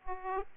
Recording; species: mosquito wingbeat signal from an infrared sensor; Aedes aegypti